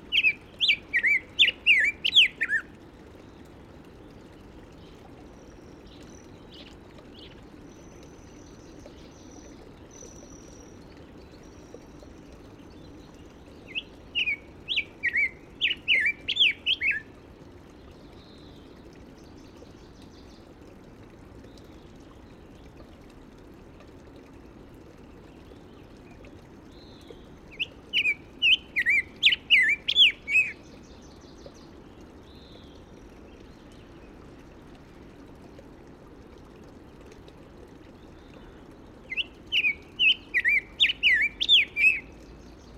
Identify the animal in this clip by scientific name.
Pheucticus melanocephalus